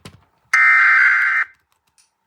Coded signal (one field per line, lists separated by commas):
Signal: Emergency Alert System (SAME) tones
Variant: header bursts